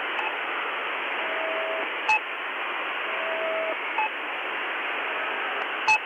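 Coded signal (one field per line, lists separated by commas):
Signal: channel marker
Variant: The Pip imitation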